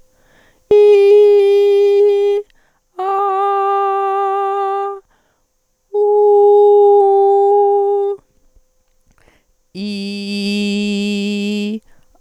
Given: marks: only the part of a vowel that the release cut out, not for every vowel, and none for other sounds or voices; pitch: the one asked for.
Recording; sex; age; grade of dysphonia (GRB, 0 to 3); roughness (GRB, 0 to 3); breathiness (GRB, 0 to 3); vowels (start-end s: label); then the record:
sustained vowels; female; 40 to 49 years; 0; 0; 0
0.80-2.32 s: vowel /i/, high pitch
3.05-4.80 s: vowel /a/, high pitch
6.20-6.97 s: vowel /u/, high pitch
9.87-11.65 s: vowel /i/, low pitch
From the record:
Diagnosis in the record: dysodia (singing voice disorder); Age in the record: 45 years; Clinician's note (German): Nach Therapie; Stimml. jetzt o.B.